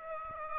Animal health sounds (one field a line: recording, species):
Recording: mosquito wingbeat signal from an infrared sensor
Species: Aedes aegypti